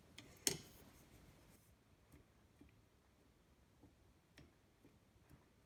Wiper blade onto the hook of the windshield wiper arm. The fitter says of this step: so you're going to go ahead and pull it until you hear it click into place and that'll let you know that it's locked in